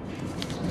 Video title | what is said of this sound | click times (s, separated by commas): 2005 Ford 6.0 Powerstroke Leaker, Oil Pressure Switch Replacement | you guys heard the click and my elbow and | 0.4 s